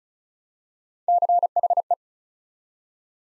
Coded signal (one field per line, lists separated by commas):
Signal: Morse code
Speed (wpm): 36 wpm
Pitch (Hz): 700 Hz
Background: none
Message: CHE